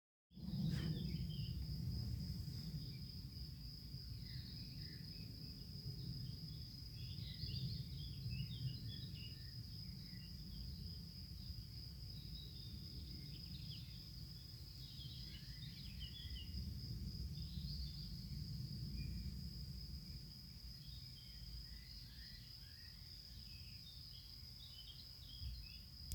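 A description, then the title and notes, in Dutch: Field crickets chirp steadily in a valley, a bright continuous trill over low rumbling wind, with faint birdsong scattered throughout. Veldkrekels in het dal van de Bemelerberg. Original field recording.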